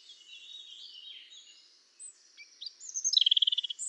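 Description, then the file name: European robin song: faint thin high warbling, then a rapid trill of evenly repeated notes near the end, with a brief very high note. "Erithacus rubecula"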